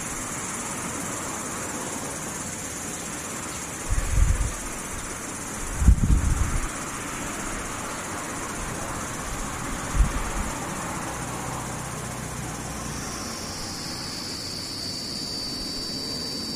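Cicadas drone steadily at a high pitch, a second, slightly lower buzz joins near thirteen seconds, and soft low thumps sound around four, six and ten seconds.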